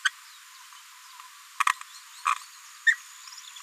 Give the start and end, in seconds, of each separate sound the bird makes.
0.04-0.08, 2.31-2.34, 2.86-2.94